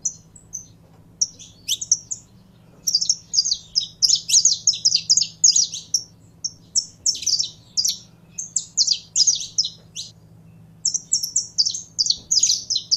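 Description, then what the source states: Canary song starting with a few scattered high chirps, then dense bursts of rapid, sharp notes with brief pauses between phrases; faint low hum in the background. Song of a purebred Belgian canary.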